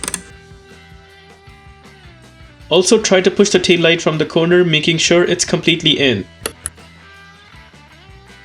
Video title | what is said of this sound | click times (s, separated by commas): DIY 2012-2017 Volkswagen Tiguan Tail Light Replacement - How To Replace Volkswagen Tiguan Tail Light | sure the cover is aligned properly, only then we give it a slight push until we hear a clicking sound. | 0.0 s, 0.1 s